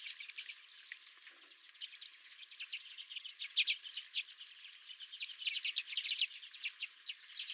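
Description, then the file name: Redpolls twittering softly, scattered dry chatter notes building to brief louder rattles in the second half. Several redpolls at the recordist's feeder. "Redpolls at My Feeder"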